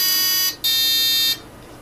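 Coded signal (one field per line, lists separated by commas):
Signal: beep code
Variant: ESky speed controller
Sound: two buzzy harmonic electronic beeps, the second slightly higher and longer, then quiet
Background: small room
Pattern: 2 beeps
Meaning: The speed controller has learned the bottom of the throttle stick, so the throttle end points are set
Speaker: and now the speed controller knows where the bottom of the throttle stick is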